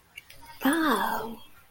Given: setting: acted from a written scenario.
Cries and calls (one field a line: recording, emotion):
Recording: vocal sound without words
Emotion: pride